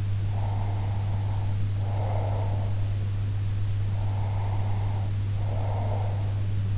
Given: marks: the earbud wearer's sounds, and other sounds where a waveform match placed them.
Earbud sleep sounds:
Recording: sounds in sleep by an in-ear microphone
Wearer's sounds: breath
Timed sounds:
0.28-2.79 s: breath
3.91-6.54 s: breath

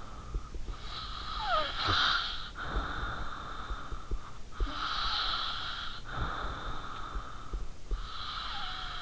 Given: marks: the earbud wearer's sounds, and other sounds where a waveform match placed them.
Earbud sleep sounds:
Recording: sounds in sleep by an in-ear microphone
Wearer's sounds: breath, snoring breath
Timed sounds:
0.00-0.52 s: breath
0.52-4.52 s: snoring breath
4.52-9.02 s: breath

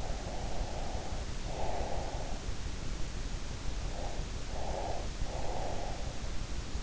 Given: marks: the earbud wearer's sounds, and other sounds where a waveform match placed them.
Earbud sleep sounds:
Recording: sounds in sleep by an in-ear microphone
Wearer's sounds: breath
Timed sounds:
0.00-2.52 s: breath
3.94-6.20 s: breath

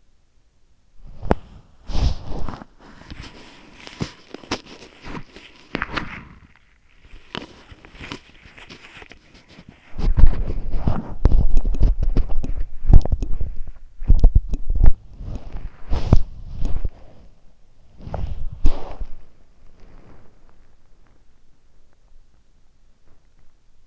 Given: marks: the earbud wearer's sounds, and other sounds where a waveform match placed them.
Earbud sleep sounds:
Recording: sounds in sleep by an in-ear microphone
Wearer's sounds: body movement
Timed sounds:
0.00-23.87 s: body movement

